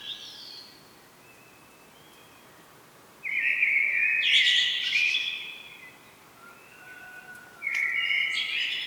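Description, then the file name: Common blackbird delivering a mellow warbled phrase with a scratchy high flourish, followed by a pause and a second phrase beginning later. "Turdus merula"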